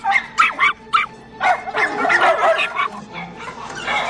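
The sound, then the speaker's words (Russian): Two dogs bark back and forth while standing face to face, a small terrier out of its cage and a young St. Bernard in a cage, with a run of quick, fairly high yips and barks followed by a denser, overlapping burst of barking and a few whimpers. “Стоя друг напротив друга, они лают.”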